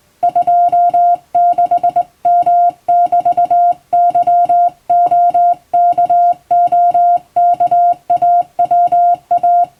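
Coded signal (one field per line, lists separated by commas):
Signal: Morse code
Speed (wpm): 21 wpm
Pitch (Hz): 700 Hz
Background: music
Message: 26M<BT>YOKOKAWA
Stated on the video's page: Hand-keyed Morse practice with a telegraph key, international code sent in telegram format by a first-class radiotelegraph operator.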